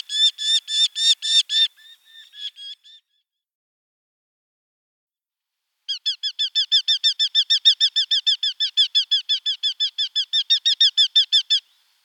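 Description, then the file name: Eurasian hobby giving rapid, ringing kew notes in a fast even series, a short burst first and then a longer run after a silent pause. "Baumfalke"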